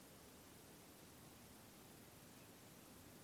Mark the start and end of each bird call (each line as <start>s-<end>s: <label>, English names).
2.35s-2.48s: Eurasian Teal